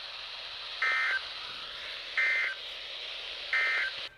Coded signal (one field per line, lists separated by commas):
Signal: Emergency Alert System (SAME) tones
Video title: I dont know what I should put the title to (5/3/22) (EAS #143-147)